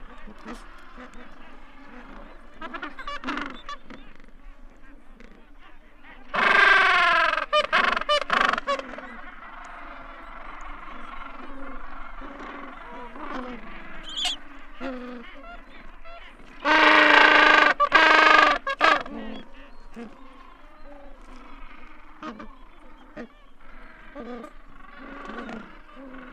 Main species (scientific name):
Pygoscelis papua